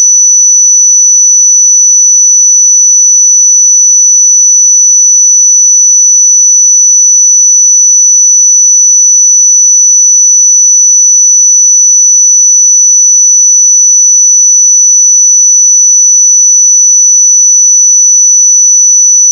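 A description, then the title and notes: A pure sine tone at 5956 Hz holds perfectly steady and bright for the whole clip, unchanging in pitch and loudness, with complete silence behind it. 5956 Hz 1 Hz Interval Sine Pure Tone Frequency 441000 Sample Mono.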